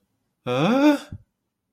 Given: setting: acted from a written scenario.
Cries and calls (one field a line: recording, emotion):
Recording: vocal sound without words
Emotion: embarrassment